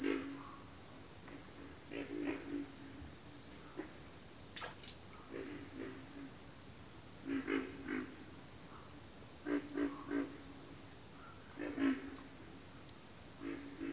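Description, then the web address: Pig frog grunting calls, low rough grunts in short irregular bursts, with a steady pulsing high cricket trill throughout. "Nature Songs Nature Sounds Sounds of Nature Collection Pig Frogs"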